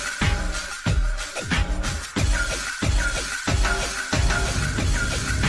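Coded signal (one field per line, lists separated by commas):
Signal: none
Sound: music beeps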